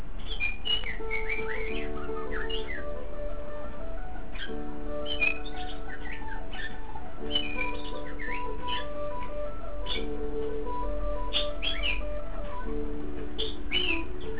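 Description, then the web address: White-rumped shama song in short bursts of clear whistled and chirped notes, spaced throughout, with a persistent low hum and droning tones beneath. "shanlung 9 shamasong"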